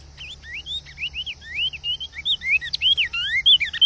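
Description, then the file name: Cinnamon tanager song of rapid, warbled whistles, each note slurring up or down, growing louder and more tumbling toward the end. "Canto do bico de veludo"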